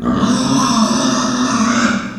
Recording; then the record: squeal of a Yucatan mini pig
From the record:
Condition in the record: after surgery on the right vocal fold (resection and tissue-engineered implant); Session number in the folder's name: 11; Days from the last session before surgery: 98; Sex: female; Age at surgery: 19 weeks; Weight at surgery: 25 kg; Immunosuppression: prednisolone